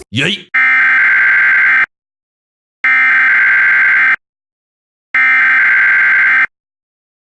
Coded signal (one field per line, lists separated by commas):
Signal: Emergency Alert System (SAME) tones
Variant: header bursts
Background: speech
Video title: Yeet: Please Use Code Lazar - An EAS Scenario (Full Version)